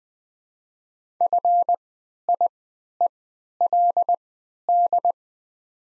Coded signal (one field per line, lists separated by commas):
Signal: Morse code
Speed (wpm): 20 wpm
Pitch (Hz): 700 Hz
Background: none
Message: FIELD